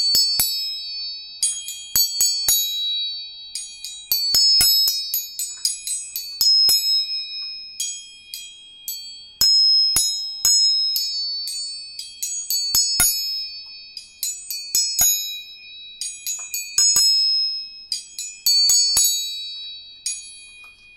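Tuning forks are struck again and again, each sharp metallic tap followed by a bright, bell-like ring that fades over a second or two. Strikes come irregularly, sometimes in quick clusters, while one steady high tone hums underneath throughout, close and clean.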